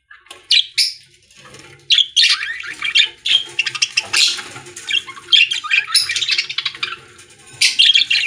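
Budgerigar giving harsh squawks and chirps, short loud bursts repeated irregularly over soft background chatter.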